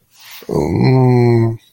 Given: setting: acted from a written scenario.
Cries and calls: vocal sound without words; embarrassment

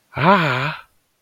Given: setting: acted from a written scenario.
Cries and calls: vocal sound without words; negative surprise

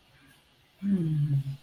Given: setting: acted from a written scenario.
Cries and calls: vocal sound without words; romantic love

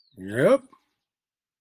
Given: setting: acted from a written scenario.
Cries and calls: vocal sound without words; pride

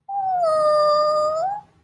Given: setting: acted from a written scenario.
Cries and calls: vocal sound without words; adoration

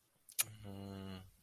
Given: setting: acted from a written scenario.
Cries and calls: vocal sound without words; guilt

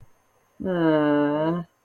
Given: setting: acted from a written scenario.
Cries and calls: vocal sound without words; shame

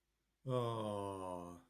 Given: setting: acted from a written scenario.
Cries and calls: vocal sound without words; adoration

